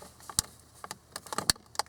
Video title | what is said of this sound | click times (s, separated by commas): 1998 Dodge Ram 1500 Transmission Selector Handle Removal Pt2 Shifter Handle Removal & Installation | I mean, there is a screw that holds it, but you should hear like 3 snaps. | 0.4 s, 1.5 s, 1.8 s